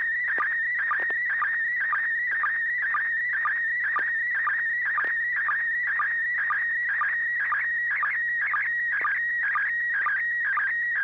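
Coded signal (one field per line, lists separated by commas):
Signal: SSTV (slow-scan television)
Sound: steady whistling tone warbling with short low chirps about twice a second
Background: low hum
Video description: River City ARCS SSTV Net 9 pm Wednesdays Pacific Time on N6NA FM repeater 441.300 MHz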